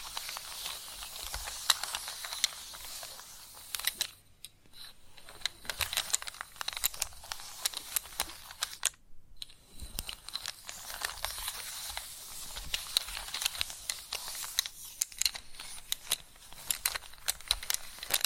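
Chalk scratches and taps in dense, irregular bursts of bright, gritty scraping, with sharp clicks scattered throughout. Brief near-silent gaps break the activity around 4 and 9 seconds, and the scratching otherwise continues steadily to the end.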